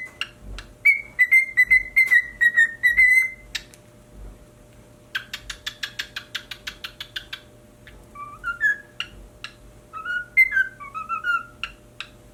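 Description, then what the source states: Cockatiel whistling a run of flat notes, then a burst of rapid scratchy chatter, then more short rising whistles in a loose repeated pattern. Pied cockatiel.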